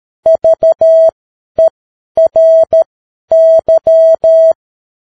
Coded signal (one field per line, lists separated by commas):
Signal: Morse code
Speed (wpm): 13 wpm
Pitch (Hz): 650 Hz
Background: none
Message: VERY